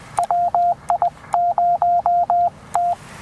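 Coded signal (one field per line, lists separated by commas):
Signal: Morse code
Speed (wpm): 20 wpm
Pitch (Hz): 700 Hz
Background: radio noise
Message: WI0T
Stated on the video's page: Two-watt POTA CW activation with a Penntek TR-45L and an Elecraft AX2 antenna.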